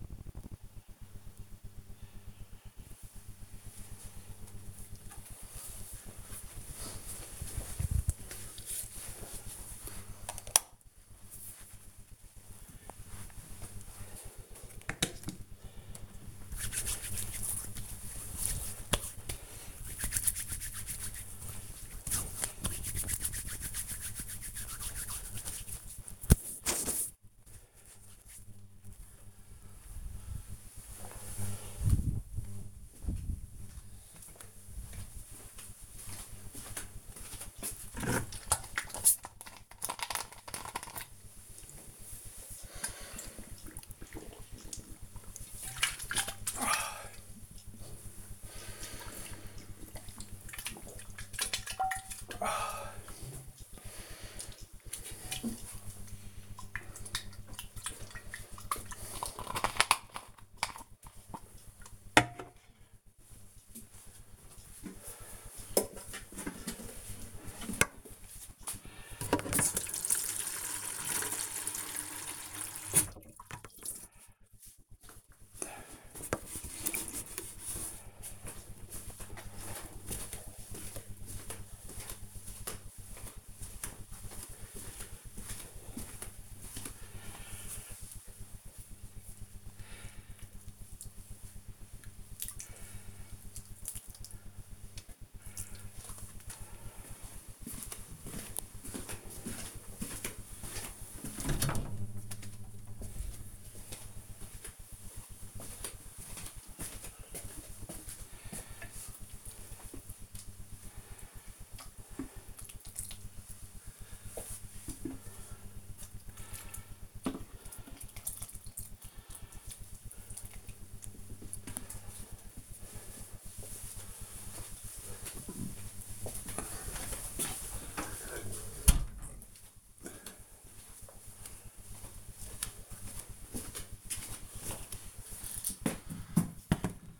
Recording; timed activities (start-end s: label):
household activities, microphone on the right wrist
15.82-28.92 s: disinfecting hands
37.99-60.16 s: drinking
68.23-121.58 s: watering plant